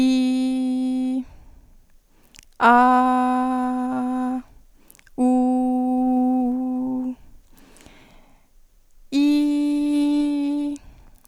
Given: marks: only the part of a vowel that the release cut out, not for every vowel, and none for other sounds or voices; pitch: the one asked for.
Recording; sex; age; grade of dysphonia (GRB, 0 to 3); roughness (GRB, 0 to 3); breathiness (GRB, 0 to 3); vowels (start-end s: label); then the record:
sustained vowels; female; 18 to 19 years; 0; 0; 0
0.00-1.08 s: vowel /i/, normal pitch
2.74-4.18 s: vowel /a/, normal pitch
5.37-6.90 s: vowel /u/, normal pitch
9.29-10.61 s: vowel /i/, high pitch
From the record:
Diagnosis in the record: healthy voice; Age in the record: 19 years